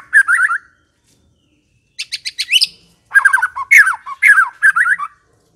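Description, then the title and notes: White-rumped shama song in short bursts: chattering, trilled phrases with high sharp notes, separated by short silent gaps. Lure (pikat) song of the white-rumped shama. "Pikat Murai Batu. Burung Murai Batu"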